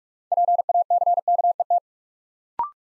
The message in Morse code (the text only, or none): PACKET